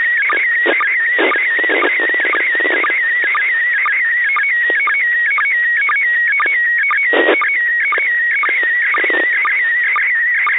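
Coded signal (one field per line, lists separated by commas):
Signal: SSTV (slow-scan television)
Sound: warbling high tone shifting quickly in pitch, with regular short dips and static crashes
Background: radio static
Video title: [International Space Station] Receiving & Decoding an SSTV Image (June 2021 Event); 10. June 2021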